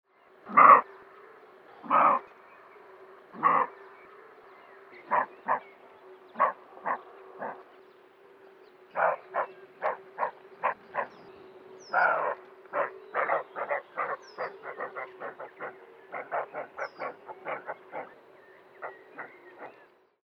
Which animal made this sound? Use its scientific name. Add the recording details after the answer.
Capreolus capreolus. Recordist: Frommolt, Karl-Heinz. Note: Schrecken eines Rehbockes, der in Begleitung einer Ricke ist Zumindest der Bock ruft, Ricke evtl auch Entfernung ca 40 m